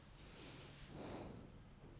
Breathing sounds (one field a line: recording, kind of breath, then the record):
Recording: one breath in and out by a microphone near the nose and mouth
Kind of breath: normal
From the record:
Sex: male